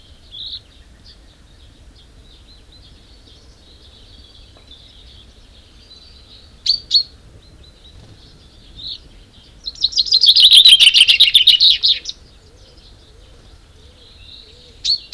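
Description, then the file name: Common chaffinch singing one loud, rapid two-second phrase of high trilled notes, with a few faint short chirps before and after in a quiet background. "Fringilla coelebs"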